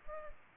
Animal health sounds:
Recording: mosquito wingbeat signal from an infrared sensor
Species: Culex pipiens

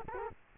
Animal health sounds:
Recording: mosquito wingbeat signal from an infrared sensor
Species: Culex quinquefasciatus

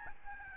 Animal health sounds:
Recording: mosquito wingbeat signal from an infrared sensor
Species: Aedes albopictus

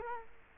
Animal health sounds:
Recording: mosquito wingbeat signal from an infrared sensor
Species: Culex quinquefasciatus

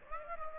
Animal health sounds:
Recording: mosquito wingbeat signal from an infrared sensor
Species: Aedes aegypti

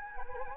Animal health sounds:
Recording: mosquito wingbeat signal from an infrared sensor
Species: Anopheles gambiae

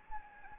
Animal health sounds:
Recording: mosquito wingbeat signal from an infrared sensor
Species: Anopheles gambiae

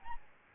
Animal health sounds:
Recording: mosquito wingbeat signal from an infrared sensor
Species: Aedes albopictus

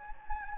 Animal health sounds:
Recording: mosquito wingbeat signal from an infrared sensor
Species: Anopheles gambiae

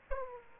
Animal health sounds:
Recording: mosquito wingbeat signal from an infrared sensor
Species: Aedes aegypti

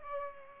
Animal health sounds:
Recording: mosquito wingbeat signal from an infrared sensor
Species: Culex pipiens

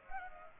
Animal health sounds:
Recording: mosquito wingbeat signal from an infrared sensor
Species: Culex pipiens

